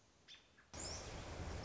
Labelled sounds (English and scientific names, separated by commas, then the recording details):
American Robin (Turdus migratorius)
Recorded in Sonoma County, California